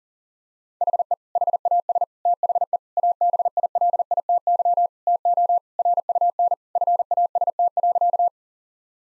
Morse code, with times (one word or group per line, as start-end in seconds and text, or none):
0.8-1.1 HE
1.4-2.0 HAS
2.3-2.8 THE
3.0-4.9 ABILITY
5.1-5.6 TO
5.8-6.5 RUN
6.8-8.3 FAST.